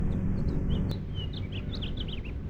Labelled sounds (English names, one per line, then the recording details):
House Finch song
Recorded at Valley Stream on Long Island, New York, on 17 June 1975
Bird A